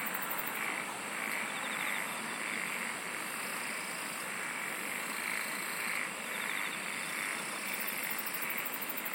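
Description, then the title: Insect chorus with buzzy phrases repeatedly swelling and fading over a steady hiss, plus brief high pulsed trills at the start and end. "SINGING OF INSECTS"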